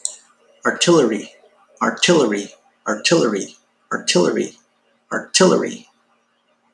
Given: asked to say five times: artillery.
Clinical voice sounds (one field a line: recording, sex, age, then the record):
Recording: repeated word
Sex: male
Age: 20 to 29 years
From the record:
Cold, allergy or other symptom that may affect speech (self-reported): no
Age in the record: 26 years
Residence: Florida, United States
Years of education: 16